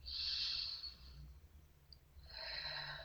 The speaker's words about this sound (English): So breathing in through your nose, into your heart, and just continuing this breath.